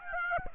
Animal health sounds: mosquito wingbeat signal from an infrared sensor; Aedes aegypti

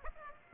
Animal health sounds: mosquito wingbeat signal from an infrared sensor; Aedes aegypti

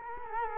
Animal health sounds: mosquito wingbeat signal from an infrared sensor; Culex quinquefasciatus

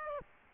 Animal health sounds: mosquito wingbeat signal from an infrared sensor; Aedes aegypti

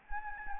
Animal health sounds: mosquito wingbeat signal from an infrared sensor; Anopheles gambiae

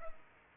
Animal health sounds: mosquito wingbeat signal from an infrared sensor; Culex pipiens

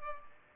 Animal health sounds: mosquito wingbeat signal from an infrared sensor; Culex pipiens

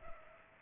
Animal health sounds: mosquito wingbeat signal from an infrared sensor; Culex pipiens

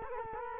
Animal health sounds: mosquito wingbeat signal from an infrared sensor; Culex quinquefasciatus

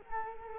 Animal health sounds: mosquito wingbeat signal from an infrared sensor; Culex quinquefasciatus

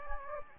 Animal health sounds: mosquito wingbeat signal from an infrared sensor; Anopheles gambiae

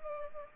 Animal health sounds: mosquito wingbeat signal from an infrared sensor; Culex pipiens

